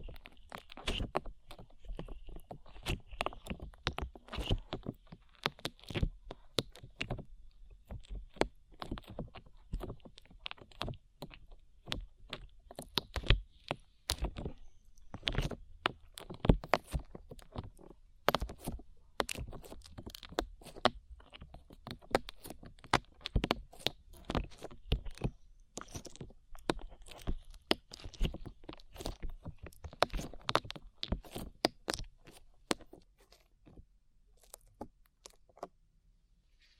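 Sticky slime is squished and pulled, making a dense stream of wet clicks, pops and crackles that continues without pause for the whole clip. The snaps come fast and irregularly, some sharper and louder than others, over a faint low hum.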